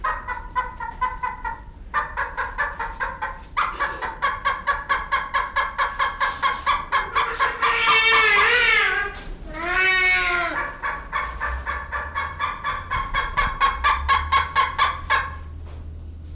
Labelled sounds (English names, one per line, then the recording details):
Malabar Pied Hornbill call
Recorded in captivity
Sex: male
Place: Zoo Berlin, Berlin, DE
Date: 1996-03-13 15:21
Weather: bedeckt, 2°C
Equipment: Sony WM-D6C, Sennheiser ME 80, Kopie Uher 4000 Report Monitor
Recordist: Tembrock, Günter